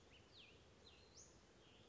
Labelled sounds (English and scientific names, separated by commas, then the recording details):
Western Flycatcher (Empidonax difficilis)
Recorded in Sonoma County, California